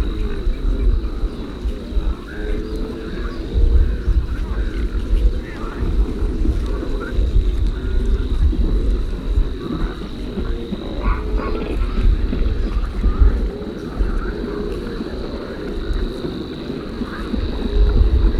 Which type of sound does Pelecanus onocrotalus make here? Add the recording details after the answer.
call. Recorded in the wild. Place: Tulcea, Rosca Buhaiova, Dobrogea, RO. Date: 1973-04-26. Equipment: Nagra III BH, Sennheiser MD 21, parabola. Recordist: Schubert, Michael